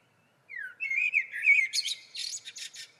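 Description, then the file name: Common blackbird delivering a single song phrase, a descending fluty note and rich warble, then a rapid burst of thin, high-pitched twittering. "Turdus merula"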